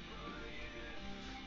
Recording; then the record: background sound without coughing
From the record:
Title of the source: BackgroundMusic